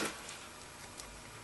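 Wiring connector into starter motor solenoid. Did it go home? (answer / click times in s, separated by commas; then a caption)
no / none. An electrical wiring connector is being handled and pushed toward the solenoid on the side of the replacement starter motor of a 2004 Toyota Avalon. A brief burst of noise at the start gives way to a steady low hiss with faint light ticks near 0.3 and 1.0 seconds. Nothing has seated or clicked yet.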